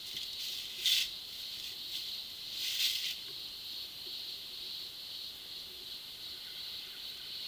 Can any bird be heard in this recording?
no